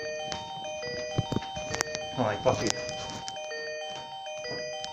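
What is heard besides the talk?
telephone ringing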